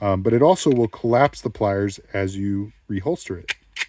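Someone talks while handling multitool pliers being reholstered into a Kydex sheath that collapses the pliers as they go in. A brief sharp sound comes at the very end, around 4.0 s, but the pliers have not yet seated or clicked home in the sheath.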